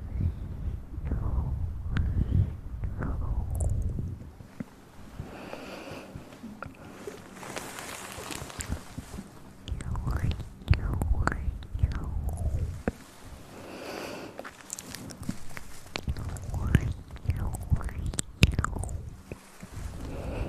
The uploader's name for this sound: Mouth Sounds & Breathing